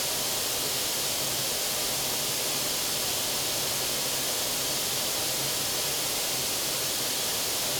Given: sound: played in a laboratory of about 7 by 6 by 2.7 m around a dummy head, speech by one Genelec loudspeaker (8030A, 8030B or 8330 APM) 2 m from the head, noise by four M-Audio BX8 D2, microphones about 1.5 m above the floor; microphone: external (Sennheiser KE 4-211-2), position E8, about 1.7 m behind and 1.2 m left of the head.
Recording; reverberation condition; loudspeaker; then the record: white noise; medium; four, about 170 cm from the corners of the room and facing them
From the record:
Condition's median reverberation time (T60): about 510 ms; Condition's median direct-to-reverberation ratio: about -0.5 dB